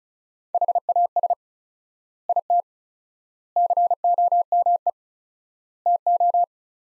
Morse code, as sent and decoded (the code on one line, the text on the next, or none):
.... .- ... / .. - / -.-. --- -- . / - ---
HAS IT COME TO